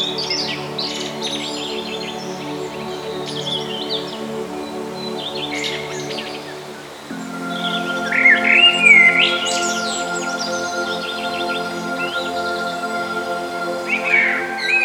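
Birds singing bright chirps and warbled phrases, busier after the midpoint, over a steady sustained musical drone that shifts pitch partway through.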